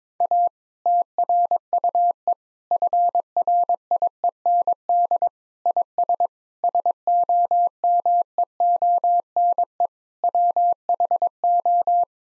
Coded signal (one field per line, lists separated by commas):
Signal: Morse code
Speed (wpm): 21 wpm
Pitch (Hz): 700 Hz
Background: none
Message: A TRUE FRIEND IS SOMEONE WHO